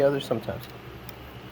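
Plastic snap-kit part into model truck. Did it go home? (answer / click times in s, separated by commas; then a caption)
yes / 1.1 s. One side of a plastic snap-fit part is pressed into a USA1 Chevy Silverado snap-kit model truck while someone talks. A short, sharp click is heard at 1.1 s as that side seats in place.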